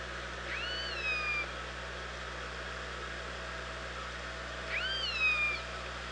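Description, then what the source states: Orca calls, two rising-then-falling tonal calls about four seconds apart, each with bright upper harmonics, over steady underwater hiss and low hum. OrcaLab, 24 August 2017, about 07:44.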